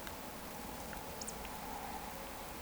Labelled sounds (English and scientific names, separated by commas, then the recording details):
Eurasian Woodcock (Scolopax rusticola) whistle
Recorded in Baden-Württemberg, Germany, on 14 June 2020 at 20:24 UTC
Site 14569, 102 m above sea level